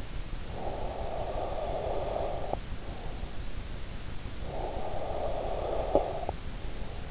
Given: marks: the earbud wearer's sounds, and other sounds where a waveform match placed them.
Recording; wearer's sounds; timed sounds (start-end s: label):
sounds in sleep by an in-ear microphone; breath
0.28-3.61 s: breath
4.28-7.11 s: breath